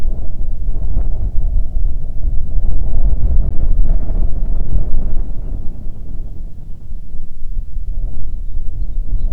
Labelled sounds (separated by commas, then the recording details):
songbird, wind
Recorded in the Arctic National Wildlife Refuge, Alaska, on 1 June 2019 at 19:38
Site 37